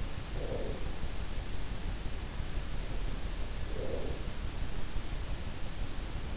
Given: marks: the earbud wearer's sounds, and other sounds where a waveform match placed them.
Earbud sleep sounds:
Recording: sounds in sleep by an in-ear microphone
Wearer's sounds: breath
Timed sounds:
0.09-1.09 s: breath
3.51-4.55 s: breath

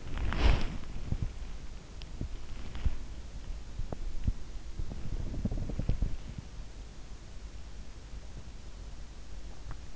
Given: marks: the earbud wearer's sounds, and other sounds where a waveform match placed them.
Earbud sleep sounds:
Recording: sounds in sleep by an in-ear microphone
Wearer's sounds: body movement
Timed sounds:
0.00-1.32 s: body movement
2.09-3.07 s: body movement
3.87-6.60 s: sound from someone else or the room

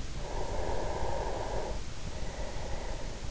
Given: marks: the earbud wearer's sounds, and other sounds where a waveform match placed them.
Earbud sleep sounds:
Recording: sounds in sleep by an in-ear microphone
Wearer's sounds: breath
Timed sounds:
0.16-3.31 s: breath

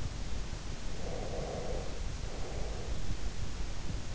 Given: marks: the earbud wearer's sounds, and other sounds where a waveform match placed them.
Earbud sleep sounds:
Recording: sounds in sleep by an in-ear microphone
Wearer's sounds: breath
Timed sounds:
1.02-3.23 s: breath

